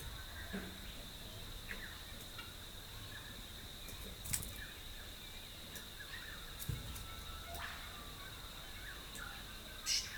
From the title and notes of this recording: Rural Dawn Chorus, Rathdowney, Queensland. It's recorded using two microphones placed as if they were human ears. Today it's the Dawn Chorus in the tiny town of Rathdowney, Queensland.